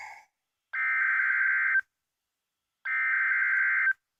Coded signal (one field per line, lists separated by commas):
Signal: Emergency Alert System (SAME) tones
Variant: header bursts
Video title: EAS 57 - Another Marine Warning Destin FL